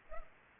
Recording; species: mosquito wingbeat signal from an infrared sensor; Culex pipiens